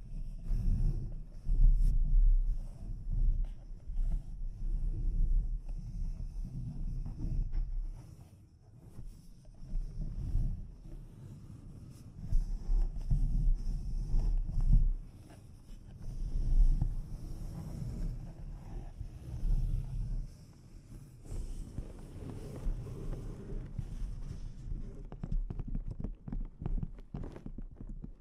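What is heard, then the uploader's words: Soft scratching and tapping on a microphone, mostly low and muffled, with rubbing swells that come and go. Small clicks and taps scatter throughout, thicker after about 21 seconds. A faint steady high whine sits underneath the whole time. ASMR Delicate Mic Scratching and Tapping Triggers.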